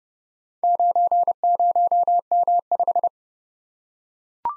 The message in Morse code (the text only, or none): 90M5